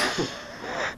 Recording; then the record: coughing mixed with background sound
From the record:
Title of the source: Coughing 77